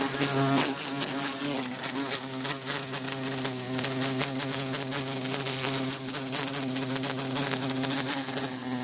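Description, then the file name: Bumblebee humming steadily with a wavering tone and many quick taps, the buzz loud and unbroken across the whole stretch. Trying to escape through a closed window. "Bumblebee trying to escape thru closed window"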